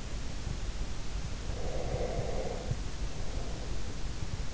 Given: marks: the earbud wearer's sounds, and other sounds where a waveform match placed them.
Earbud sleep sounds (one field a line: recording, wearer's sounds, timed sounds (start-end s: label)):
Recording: sounds in sleep by an in-ear microphone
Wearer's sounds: breath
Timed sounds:
1.61-4.08 s: breath